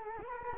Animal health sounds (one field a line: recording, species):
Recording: mosquito wingbeat signal from an infrared sensor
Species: Culex quinquefasciatus